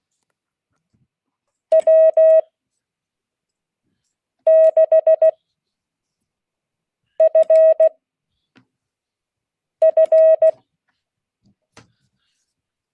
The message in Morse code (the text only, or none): W6FF